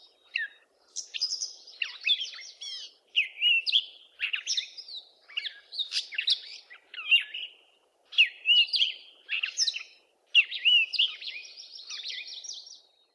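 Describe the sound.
Catbird song: a long jumble of varied scratchy and squeaky phrases, some slurred, delivered in bursts separated by brief pauses.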